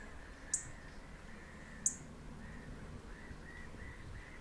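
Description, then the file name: European robin gives two sharp, high ticks about 1.3 seconds apart over a low rumble. "Erithacus rubecula"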